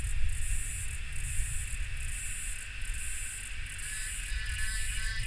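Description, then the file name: Cicadas droning, a high pulsing buzz swelling and fading repeatedly above a continuous shrill band, a deep rumbling background throughout. Cicadas calling during thunder. "AMB CICADAS THUNDER"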